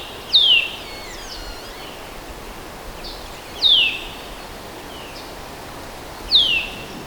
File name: Sitta europaea